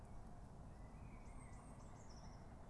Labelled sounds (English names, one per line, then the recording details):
Eurasian Blue Tit
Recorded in Germany
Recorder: ecoPi